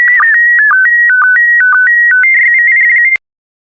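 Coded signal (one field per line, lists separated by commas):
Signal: SSTV (slow-scan television)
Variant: PD120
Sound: short run of clean stepping whistle tones with brief low chirps, then silence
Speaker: transmission complete you can now check your decoded image against the picture that is shown on the video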